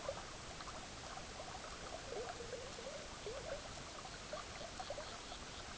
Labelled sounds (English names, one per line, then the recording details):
Semipalmated Plover
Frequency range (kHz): Semipalmated Plover 2.2-5.5 kHz
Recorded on Arctic tundra, site EABA-MC, on 18 June 2019
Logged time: 10:00